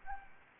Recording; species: mosquito wingbeat signal from an infrared sensor; Anopheles gambiae